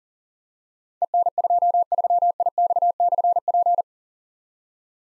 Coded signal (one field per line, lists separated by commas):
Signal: Morse code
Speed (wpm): 38 wpm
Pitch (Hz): 700 Hz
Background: none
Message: EN23IX/P